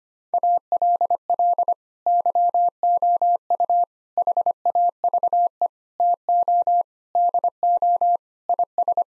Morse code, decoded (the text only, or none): ALL YOU HAVE TO DO IS